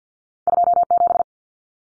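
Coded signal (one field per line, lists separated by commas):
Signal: Morse code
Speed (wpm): 50 wpm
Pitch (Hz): 700 Hz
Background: none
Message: 27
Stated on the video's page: Morse code drill at 50 wpm of two-digit cut numbers using T, A, N for 0, 1, 9, each sent, spoken, then sent again.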